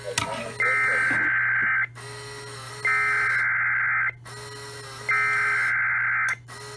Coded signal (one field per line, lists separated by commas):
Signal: Emergency Alert System (SAME) tones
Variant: header bursts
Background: speech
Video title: NOAA Radio (EAS # 297-313) SVR's, TOR's, TOA's